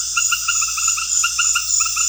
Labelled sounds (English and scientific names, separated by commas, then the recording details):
none
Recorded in pastures near Puerto Asís, Putumayo, Colombia, on 8 March 2025 at 20:00
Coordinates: 0.502, -76.324
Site GP07